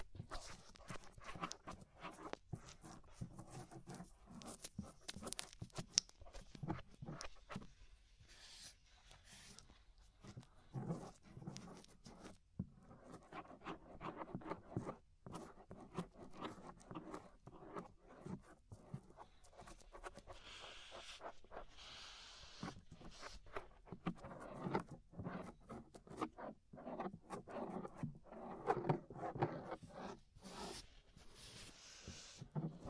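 Inner and outer ear scraping: dense, irregular scratchy strokes and rubbing run through the whole stretch, with frequent sharp clicks and crackles. Bursts come in quick clusters with brief quieter gaps, notably around 8–10 and 20–22 seconds, and the level stays fairly even.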